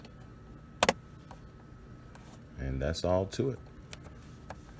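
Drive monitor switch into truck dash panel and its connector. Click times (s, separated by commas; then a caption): 0.8 s. A replacement combo drive monitor switch for a Toyota Tundra is turned the right way and pushed into its opening in the truck's dash panel and onto its connector. It snaps into place with a sharp, loud click at 0.8 s, followed by a few faint ticks, and someone then talks briefly.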